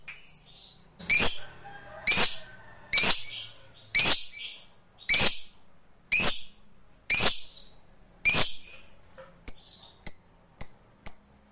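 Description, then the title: Lovebird giving shrill, harsh chirps about once a second, each a sharp burst. Near the end the chirps turn shorter and thinner. Sound used to spur a lovebird that is reluctant to sing into spontaneous, eager singing. "LOVEBIRD Malas Bunyi JADI GREGET SPONTAN Langsung NARIK"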